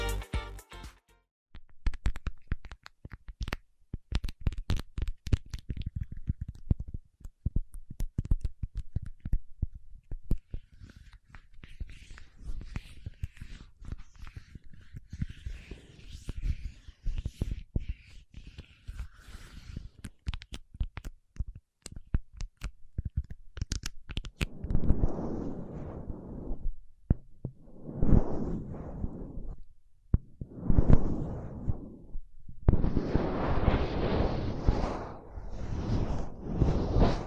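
Paraffin wax being tapped and handled, with dense, irregular clicks and taps through the first two dozen seconds over a soft hiss. After about 25 seconds come longer, louder scraping and peeling strokes, several bursts with brief pauses, the last running to the end.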